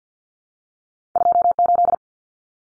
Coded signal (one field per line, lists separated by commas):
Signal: Morse code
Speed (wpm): 50 wpm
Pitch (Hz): 700 Hz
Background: none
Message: 28